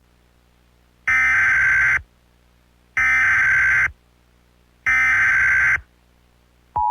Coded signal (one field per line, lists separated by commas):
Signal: Emergency Alert System (SAME) tones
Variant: header bursts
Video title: [2024 REUPLOAD] THE LAST SEASON- EAS SCENARIO